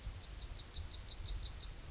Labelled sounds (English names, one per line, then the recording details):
Yellowhammer song
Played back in forest
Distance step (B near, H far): D
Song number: 006